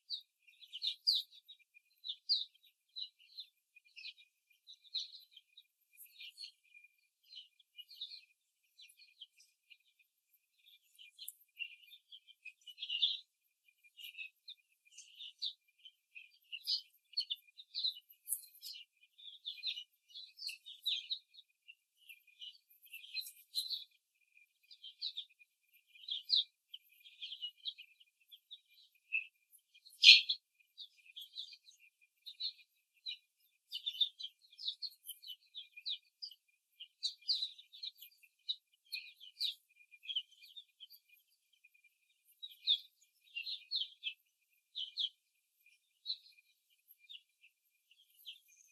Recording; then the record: young laying hens in a cage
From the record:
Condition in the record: before the stressor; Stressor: simulated dog barking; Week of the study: 3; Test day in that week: 1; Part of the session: 3